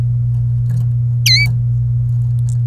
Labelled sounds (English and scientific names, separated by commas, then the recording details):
Domestic Canary (Serinus canaria) song
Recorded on 27 April 2018 at 06:59
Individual llb3